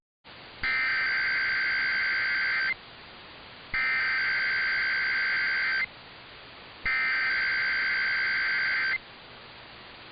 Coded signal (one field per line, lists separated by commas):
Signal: Emergency Alert System (SAME) tones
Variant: header bursts